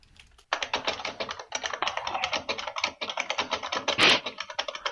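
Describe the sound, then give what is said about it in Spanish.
Rapid, loud typing on a computer keyboard, with dense, hard clacks hammering away continuously after a brief quiet start, with one sharper, louder burst near the end. “deja de porrear con el martillo el teclado.”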